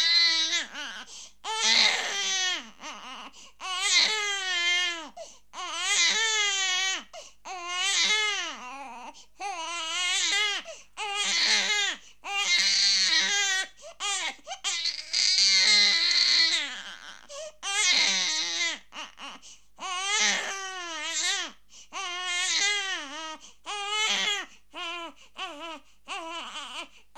Angry baby crying sound effect.